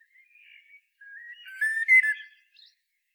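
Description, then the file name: Common blackbird singing a soft fluted phrase that swells into a louder, richer warble ending in a thin squeaky flourish. "Turdus merula"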